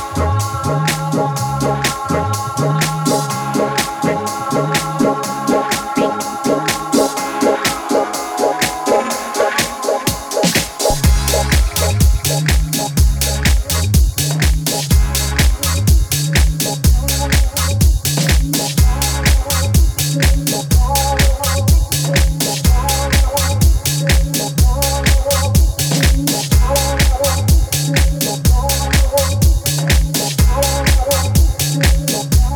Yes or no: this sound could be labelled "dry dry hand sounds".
no